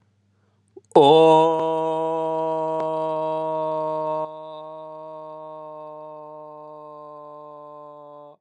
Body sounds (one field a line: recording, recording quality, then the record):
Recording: sustained vowel as in boot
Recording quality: excellent, no background noise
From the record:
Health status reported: healthy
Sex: male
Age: 26 years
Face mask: not worn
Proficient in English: yes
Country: India